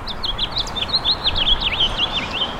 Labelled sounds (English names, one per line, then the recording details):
House Finch song
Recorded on Long Island, New York, on 10 June 2012
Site GW
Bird C